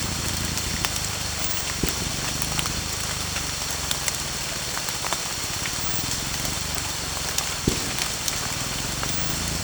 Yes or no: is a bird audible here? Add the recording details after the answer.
no. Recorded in pastures near Puerto Asís, Putumayo, Colombia, on 16 December 2024 at 02:30. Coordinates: 0.466, -76.322. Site G040